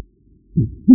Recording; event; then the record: neck accelerometer signal played as sound; no cough (speech, laughter, throat clearing or background)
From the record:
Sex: male